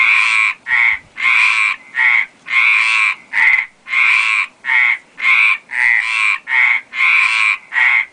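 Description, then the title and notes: Frogs croaking busily, harsh buzzy notes of varied length tumbling one after another in a lively chorus. Frog chorus in a water ditch on La Gomera, in the field. "Frosch im Wassergraben - Gomera. Feld. Froschkonzert im Wassergraben"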